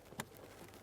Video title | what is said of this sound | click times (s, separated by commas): How to Replace Right Side HVAC Blend Door Actuator 2013-2020 Ford Fusion | listen for a click from the center locking tab once you've heard that | 0.2 s